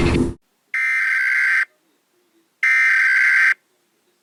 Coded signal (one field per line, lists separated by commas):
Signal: Emergency Alert System (SAME) tones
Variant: header bursts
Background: speech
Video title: Very short eas scenario (Acid rain)